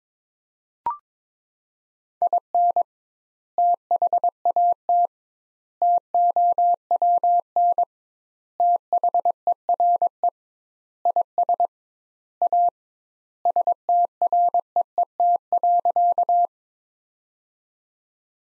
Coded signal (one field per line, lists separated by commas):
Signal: Morse code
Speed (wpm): 22 wpm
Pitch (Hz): 700 Hz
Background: none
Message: IN THAT TOWN THERE IS A STREET.